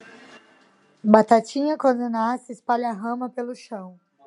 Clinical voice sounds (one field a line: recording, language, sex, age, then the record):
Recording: short text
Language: Brazilian Portuguese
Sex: female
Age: 30 to 39 years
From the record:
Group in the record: control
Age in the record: 32 years